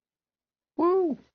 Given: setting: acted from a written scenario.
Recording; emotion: vocal sound without words; elation